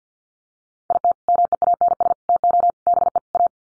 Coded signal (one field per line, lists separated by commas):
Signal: Morse code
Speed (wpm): 50 wpm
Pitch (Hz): 700 Hz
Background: none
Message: IT MEANS TO BE A